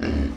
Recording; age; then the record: pig call; growing-finishing pig (85 days or more)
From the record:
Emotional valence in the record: negative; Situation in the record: barren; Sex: female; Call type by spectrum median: low-frequency call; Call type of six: low-frequency modulated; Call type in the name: low-frequency modulated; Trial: 3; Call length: 0.36 s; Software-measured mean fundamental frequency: 39 Hz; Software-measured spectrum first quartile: 102 Hz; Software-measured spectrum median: 245 Hz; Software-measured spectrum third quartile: 541 Hz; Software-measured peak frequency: 275 Hz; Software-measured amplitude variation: 134 dB a second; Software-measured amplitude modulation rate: 28.9 a second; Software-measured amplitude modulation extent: 4.6 dB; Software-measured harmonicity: -2.1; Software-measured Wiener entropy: -0.80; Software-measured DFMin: 647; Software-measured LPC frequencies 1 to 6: 1598, 2778, 4284, 5248, 7272, 8666 Hz